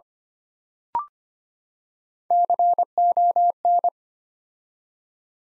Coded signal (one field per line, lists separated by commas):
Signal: Morse code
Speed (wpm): 25 wpm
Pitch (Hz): 700 Hz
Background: none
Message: CON